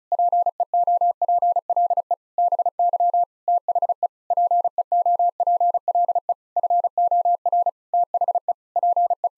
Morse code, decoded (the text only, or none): PEOPLE BY THE PEOPLE FOR THE PE